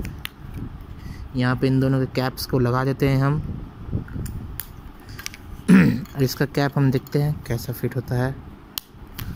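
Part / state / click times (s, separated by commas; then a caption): cap onto fountain pen body / seated / 8.8 s. A cap is pushed onto a Luxor FFP fountain pen body to test how it fits, while someone talks. It closes with a sharp click at 8.8 s, and the cap is seated.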